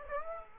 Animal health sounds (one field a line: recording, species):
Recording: mosquito wingbeat signal from an infrared sensor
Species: Aedes aegypti